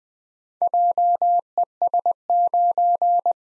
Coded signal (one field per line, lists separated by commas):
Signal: Morse code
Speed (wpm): 20 wpm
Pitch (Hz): 700 Hz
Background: none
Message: JES9